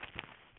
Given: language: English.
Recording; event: throat vibration sensor signal played as sound; swallow